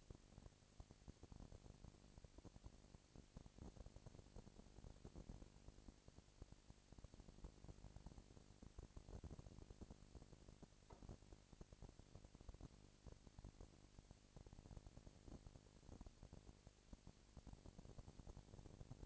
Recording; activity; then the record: daily activity, microphone in the room; no activity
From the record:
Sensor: 5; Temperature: 20.1 degrees Celsius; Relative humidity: 38.2%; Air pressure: 998.9 hPa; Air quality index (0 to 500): 218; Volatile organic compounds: 24 ppm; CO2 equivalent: 2805 ppm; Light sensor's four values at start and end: 2/3/1/1 and 2/3/1/1